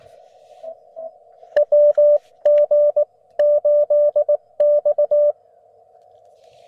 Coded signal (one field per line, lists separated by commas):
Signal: Morse code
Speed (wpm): 20 wpm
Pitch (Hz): 590 Hz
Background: none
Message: WG8X